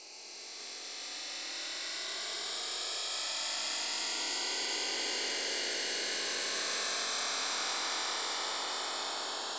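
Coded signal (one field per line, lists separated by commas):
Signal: digital voice data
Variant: DRM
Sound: steady wide rushing hiss, like loud static, fading in then constant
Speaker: DRM is a digital commercial broadcasting mode used to deliver FM comparable sound quality to shortwave radio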